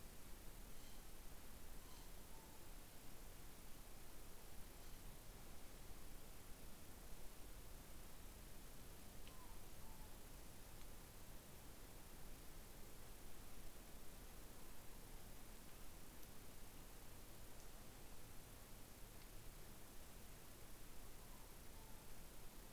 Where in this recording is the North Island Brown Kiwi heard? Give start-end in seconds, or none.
none